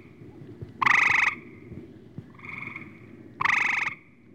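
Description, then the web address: Gray treefrog producing two loud, rapid pulsed trills with a fainter trill from another frog in between, over low background rumble. Several frogs calling, with others returning the call. "frog graytree croaking others returning call"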